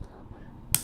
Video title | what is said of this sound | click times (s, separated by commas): Weilong GTS3M - Unboxing & First Impressions | you just click and you can hear and very audible click because | 0.8 s